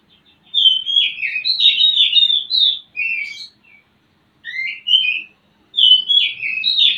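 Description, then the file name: Oriental magpie-robin song: rich, varied whistled phrases sliding up and down, given in bursts separated by short pauses. Lure recording used to stimulate a bird's singing and breeding arousal (birahi). "kacer pancingan birahi"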